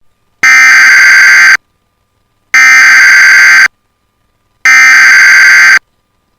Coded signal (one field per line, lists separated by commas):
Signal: Emergency Alert System (SAME) tones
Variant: header bursts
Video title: #EAS 150PM FFW 8 MAYO 2024 #flashfloodwarning #puertorico #prwx @nwssanjuan